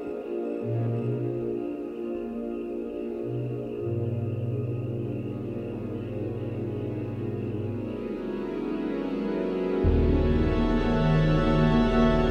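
Synthesizer and organ-like tones play as sustained, steady notes, with low held pitches shifting between a few steps and a dense stack of bright overtones above. Near ten seconds the sound grows louder and fuller, with new higher notes joining the low drone.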